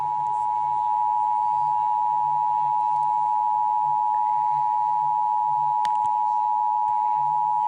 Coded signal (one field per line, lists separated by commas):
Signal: Emergency Alert System (SAME) tones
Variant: 853 and 960 Hz attention tone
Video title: EAS Scenario: magpie's attack.